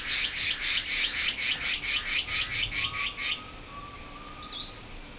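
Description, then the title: Band-tailed antbird song ending: a fast run of high, buzzy repeated notes for about three seconds, then quieter background with a few faint whistles. "LuckyPassaro Completos2Sama. Band-tailed Antbird (Hypocnemoides maculicauda)"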